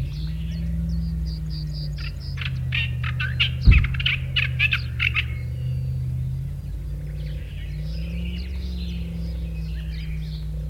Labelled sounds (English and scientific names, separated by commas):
Olive-tree Warbler (Hippolais olivetorum) song